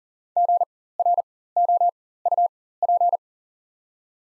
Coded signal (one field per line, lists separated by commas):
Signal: Morse code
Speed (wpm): 40 wpm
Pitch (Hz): 700 Hz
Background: none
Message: GROUP